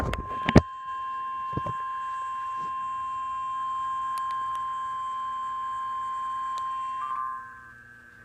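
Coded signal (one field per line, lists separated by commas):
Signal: Emergency Alert System (SAME) tones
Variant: 1050 Hz attention tone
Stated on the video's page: Severe thunderstorm warning issued by the Kansas City, MO weather forecast office.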